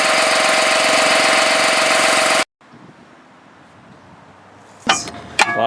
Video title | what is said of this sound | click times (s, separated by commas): 100 Gal Skid Sprayer in 4 wheeler for Solar Farm demo | locks in place we probably need to rotate it down to the next one so it'll rest well | 4.9 s